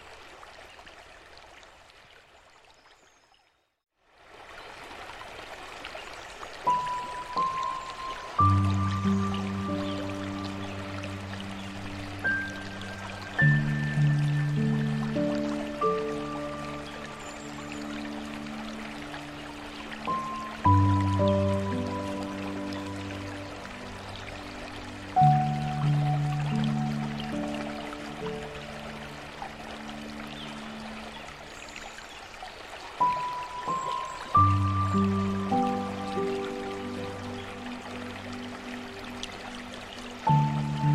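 Gentle piano chords and a high melody ring out from about eight seconds, over a steady trickle of flowing water that begins after brief silence.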